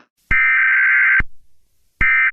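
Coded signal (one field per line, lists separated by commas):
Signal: Emergency Alert System (SAME) tones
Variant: header bursts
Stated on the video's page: Fake EAS scenario about Detroit, not a real alert.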